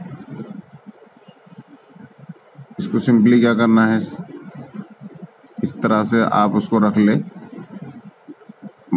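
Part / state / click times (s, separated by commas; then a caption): toilet seat cover on its slide-lock hinge brackets / not seated / none. A plastic toilet seat cover is placed and lined up on its slide-lock hinge brackets before being slid into the lock, with soft handling noises and a brief knock near the end while someone talks. Nothing has slid in or locked yet.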